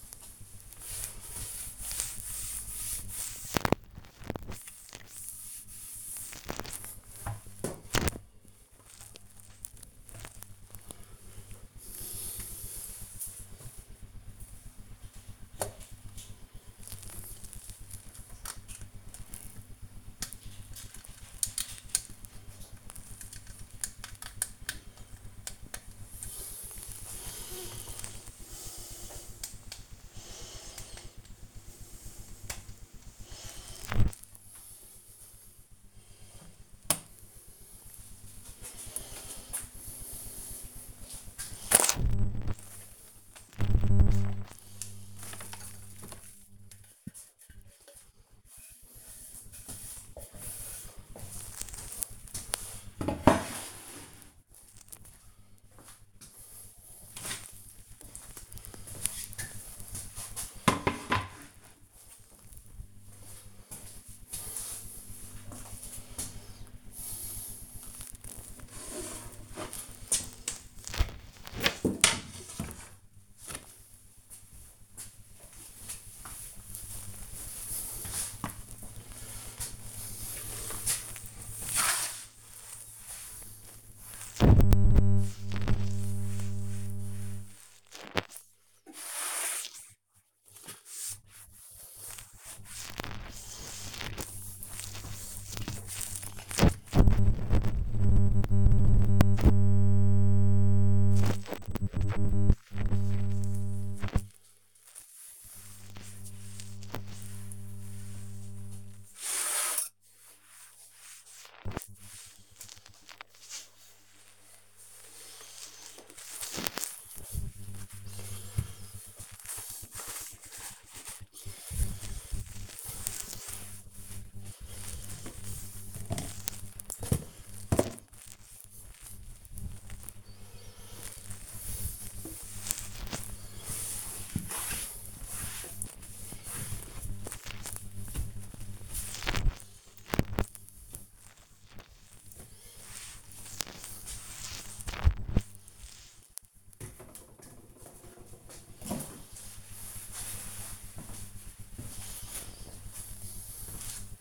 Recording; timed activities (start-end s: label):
household activities, microphone on the right wrist
0.00-84.10 s: cleaning the cupboard
0.00-154.21 s: kitchen
88.13-154.21 s: cleaning the cupboard